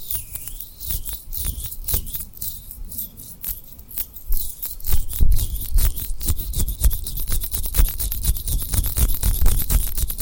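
Tapping and rubbing on rhinestones, with quick, dense clicks and scratchy strokes that run unbroken through the clip. The taps sound bright and crisp over a soft low rumble of handling. After about five seconds the activity grows busier and somewhat louder.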